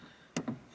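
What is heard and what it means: A hand grabs the back of an 11th-gen 2022 Honda Civic taillight from outside at the bottom and pulls, and the plastic bottom clip pops loose from the car body with a sharp click at 0.4 s. A softer second click follows at 0.5 s, and the taillight's bottom clip is released.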